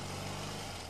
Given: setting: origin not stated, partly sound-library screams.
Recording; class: one-second piece from a danger detection set; normal situation